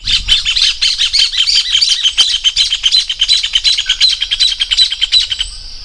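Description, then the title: Bird singing a loud, rapid, continuous song of high chirps and trills, notes repeated in a fast rhythm for about five seconds, then stopping. "LuckyPassaro Completos2Sama"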